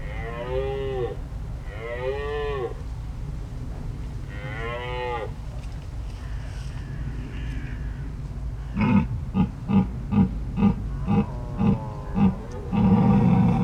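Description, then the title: Red deer with three strong harmonic bellows, then a quick series of short, rhythmic grunting barks, all over low background rumble. Rutting red deer stags bellowing in daytime, early in the season, in a marsh reserve near Béon, France; roads and a large rail marshalling yard nearby; Lom Usi Pro stereo AB microphones, Zoom F8 recorder. "Marais de Lavours -Béon, France - Brame diurne"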